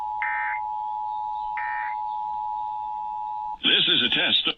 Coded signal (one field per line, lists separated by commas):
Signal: Emergency Alert System (SAME) tones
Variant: 853 and 960 Hz attention tone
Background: speech